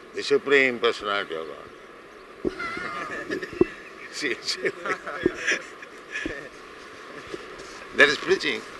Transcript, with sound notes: "The Supreme Personality of Godhead." [laughter] She... That is preaching.